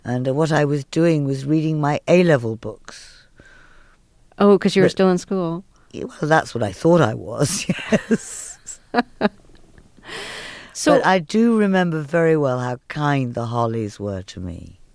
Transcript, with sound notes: And what I was doing was reading my A-level books, but...
Oh, 'cause you were still in school.
Well, that's what I thought I was, yes.
(LAUGHTER)
So...
But I do remember very well how kind The Hollies were to me,